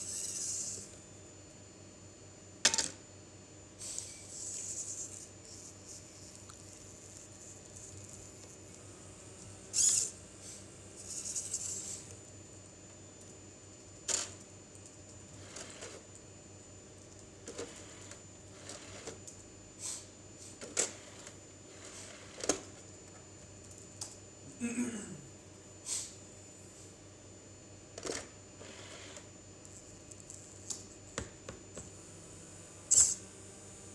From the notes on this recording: A prototype automatic Compact Disc ripping machine.